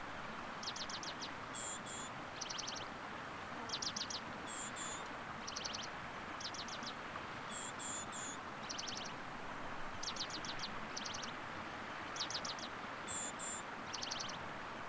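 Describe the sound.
White-crowned penduline tit giving repeated short high rattles mixed with very high thin notes in twos and threes, with steady rushing noise throughout.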